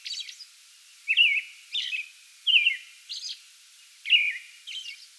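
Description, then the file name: American robin song: short whistled caroling phrases alternating with thin, high squeaky notes. Pre-dawn song bout recorded on 8 May 2022. "2022-05-08 American Robin pre-dawn song bout"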